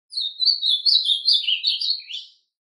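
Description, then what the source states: Ultramarine grosbeak song: a continuous warbled phrase of about two seconds, rich whistled notes wavering between high and mid pitch, dropping at the end. Classic song style (canto clássico) of the Ultramarine grosbeak.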